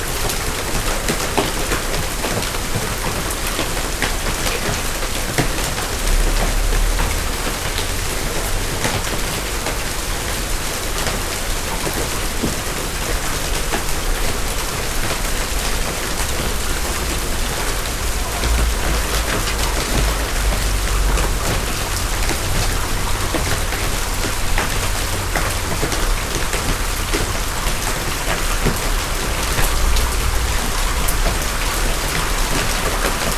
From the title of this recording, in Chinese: 冰雹轉晴